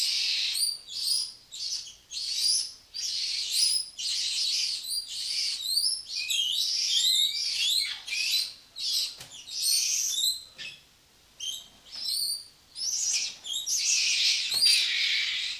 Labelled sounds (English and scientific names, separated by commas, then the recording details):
Weeper Capuchin (Cebus olivaceus)
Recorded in captivity
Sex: group
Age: adult
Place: Zoo Berlin, Berlin, DE
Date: 2002-07-01 15:35
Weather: bedeckt, Regen, ca. 18°C
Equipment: Nagra SN, Kopie Uher 4000 Report Monitor
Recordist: Tembrock, Günter